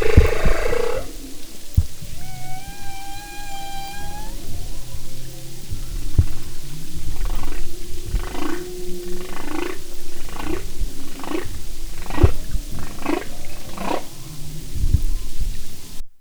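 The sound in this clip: Humpback whale song: a sustained harmonic tone, followed by a run of short pulsed grunts over low rumbling noise.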